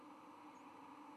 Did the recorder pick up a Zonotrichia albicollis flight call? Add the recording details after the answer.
no. Another species' flight call is heard. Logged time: 01:34 on 10 November 2014